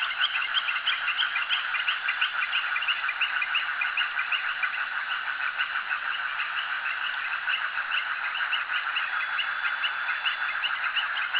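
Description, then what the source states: Frogs calling together in a continuous, busy chorus of rapid overlapping chirps, steady throughout. Frogs recorded at a jetty.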